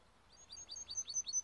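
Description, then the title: Timbrado canary song: a rapid trill of about seven high, slurred chirps that grow steadily louder, over a quiet background. Timbrado canary song used for training singing canaries. "Canary Bird Singing - Timbrado training video"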